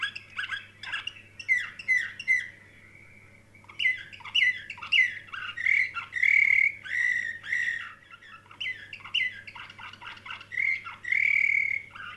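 Canary song: varied phrases of buzzy notes and sweet whistles around a mid-high pitch, broken by short pauses, with a steady low hum underneath.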